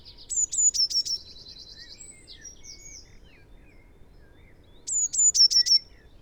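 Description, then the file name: Eurasian blue tit song: high thin notes falling into a quick run of repeated notes, given twice, with a buzzy trill overlapping the first phrase and faint chirps between. "Cyanistes caeruleus"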